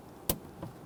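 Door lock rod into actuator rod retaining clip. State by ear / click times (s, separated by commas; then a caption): seated / 0.3 s. On a 2007-2014 Cadillac Escalade 6.2L V8 front door lock actuator, the threaded lock rod is pressed into the plastic retaining clip and the clip's small latch is closed over it. A sharp snap is heard at 0.3 s, followed by a much softer tick around 0.6 s. The latch snaps closed and the rod is seated in the clip.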